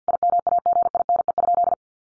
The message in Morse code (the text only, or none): IMAGINE?